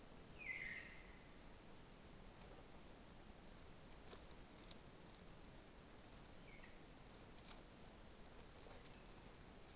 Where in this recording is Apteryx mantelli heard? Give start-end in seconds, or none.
none